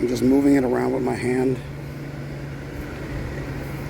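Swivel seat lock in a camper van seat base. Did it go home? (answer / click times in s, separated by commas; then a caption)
no / none. A swivel seat on the seat base of a 2013 Roadtrek Nav6 Active camper van is turned around by hand before it reaches its locking position. Someone talks over a steady low hum for the first 1.5 seconds, then only the hum continues. Nothing has locked or clicked yet.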